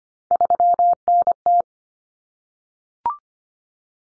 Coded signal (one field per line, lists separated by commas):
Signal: Morse code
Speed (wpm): 25 wpm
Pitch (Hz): 700 Hz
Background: none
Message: 3NT